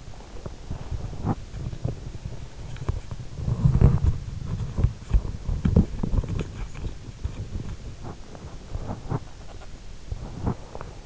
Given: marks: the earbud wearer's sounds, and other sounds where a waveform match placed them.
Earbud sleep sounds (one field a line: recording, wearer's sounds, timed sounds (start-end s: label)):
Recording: sounds in sleep by an in-ear microphone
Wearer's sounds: body movement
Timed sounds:
0.00-11.06 s: body movement